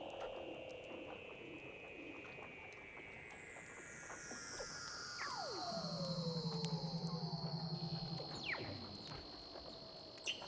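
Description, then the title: Weddell seal underwater calls: long whistles descending slowly in overlapping layers, a steep falling sweep, then a low buzzy pulsed trill lasting a few seconds. "Douglas Quin - Weddell Seals (Underwater)"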